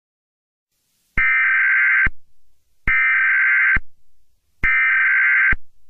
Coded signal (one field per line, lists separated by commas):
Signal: Emergency Alert System (SAME) tones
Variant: header bursts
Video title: EAS Scenario - 2nd Civil War